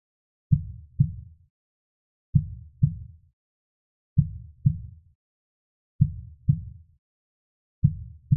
Baby heartbeat.